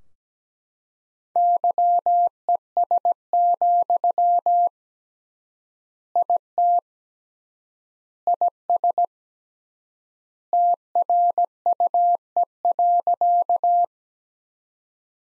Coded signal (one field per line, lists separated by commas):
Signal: Morse code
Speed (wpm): 17 wpm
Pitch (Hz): 700 Hz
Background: none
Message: YES, IT IS TRUE.